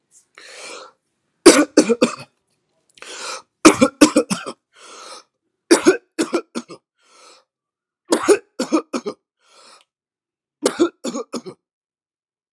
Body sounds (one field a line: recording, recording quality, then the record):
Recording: heavy voluntary cough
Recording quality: excellent, no background noise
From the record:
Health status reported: healthy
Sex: male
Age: 39 years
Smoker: yes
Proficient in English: yes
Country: India